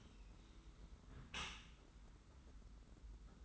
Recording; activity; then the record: daily activity, microphone in the room; close dishwasher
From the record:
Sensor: 3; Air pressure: 991.3 hPa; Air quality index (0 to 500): 134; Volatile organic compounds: 211 ppm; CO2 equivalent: 4247 ppm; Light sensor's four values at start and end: 51/138/56/50 and 51/138/56/50